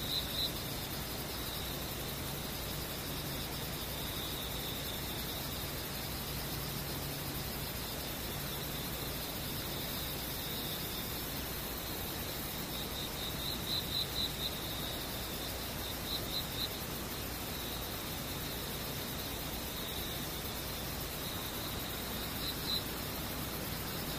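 Insects trill in a steady high band over a constant hiss, with brief sharper pulses of chirping near the start, around 13 to 16 seconds, and again near 22 seconds. A faint low hum runs underneath through the first half.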